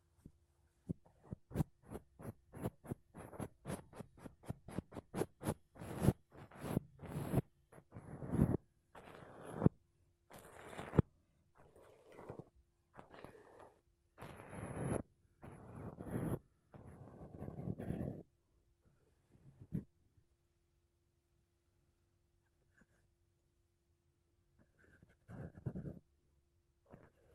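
Makeup brushes and a sponge rub across a microphone in quick, soft swishes, rapid and closely spaced for the first several seconds. The strokes then grow longer and slower, bursting in dense, rustling sweeps until about 19 seconds, followed by near silence and a few last brushes near the end.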